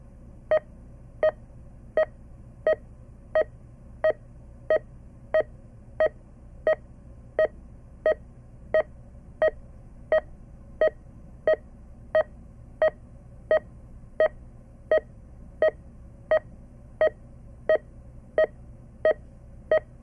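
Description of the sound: Short electronic beeps repeat steadily at about 87 per minute over a low background hum: a hospital heart monitor tracking a regular heartbeat.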